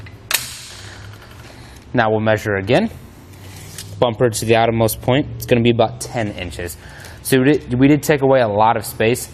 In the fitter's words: can let the arms fold down so you hear it latched into place now